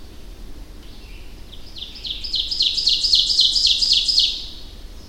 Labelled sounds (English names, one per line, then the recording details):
Ovenbird song
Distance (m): 10 m
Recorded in boreal forest in Alberta, Canada, on 25 June 2016 at 08:21
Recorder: SongMeter 3, array SBT-6-76
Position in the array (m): 30 m, 108 m
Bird 2